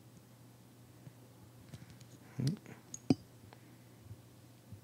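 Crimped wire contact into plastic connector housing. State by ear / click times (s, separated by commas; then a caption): not seated / none. A crimped wire contact is pushed into a plastic PowerPole connector housing held up close, giving a few faint taps and rubbing sounds around 2.5 to 3.1 seconds over a quiet background. The contact sits right at the edge of the housing, and nothing has seated or clicked yet.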